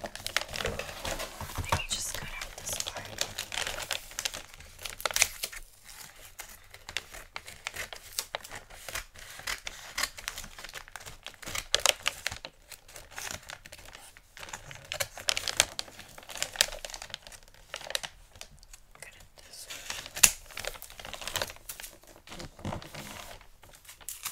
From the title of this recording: Xmas Gift Wrapping Intense Crinkle, Tape, Scissors Sounds